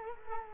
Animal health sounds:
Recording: mosquito wingbeat signal from an infrared sensor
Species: Culex quinquefasciatus

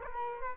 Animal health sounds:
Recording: mosquito wingbeat signal from an infrared sensor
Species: Culex quinquefasciatus

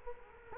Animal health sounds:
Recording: mosquito wingbeat signal from an infrared sensor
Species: Culex quinquefasciatus

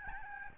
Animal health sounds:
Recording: mosquito wingbeat signal from an infrared sensor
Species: Aedes albopictus

